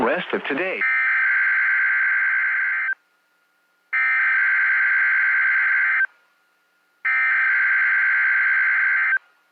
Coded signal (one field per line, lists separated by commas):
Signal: Emergency Alert System (SAME) tones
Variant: header bursts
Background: speech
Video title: THE BORING ENHANCED RISK! EAS alerts from 3/24/2023. [EAS #1250 - #1266]